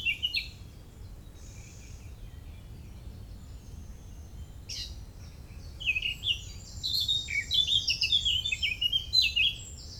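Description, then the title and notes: Birds calling sparsely at first, then a dense run of high twittering chirps in the second half, over constant low rumble. Early morning, 27 May 2018, Parc des Beaumonts, Montreuil, France; urban park in dense city area near Paris; recorded with MCE530 microphones, Dual Pre USB and H2. "Oiseaux des Beaumonts le 27 mai 2018. Parc des Beaumonts, 16 Avenue Jean Moulin, 93100 Montreuil, France. Tôt le matin dans le parc des Beaumonts à Montreuil (93), prise de son d'oiseaux"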